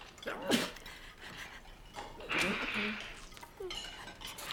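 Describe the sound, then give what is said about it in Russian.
A fork and knife scrape and clink against a dinner plate as a woman at a table cuts food, in a few separate bursts: short scratchy strokes, a longer sawing scrape in the middle, then a final light tap. “За столом остроносая женщина режет еду на тарелке и сдерживает слезы.”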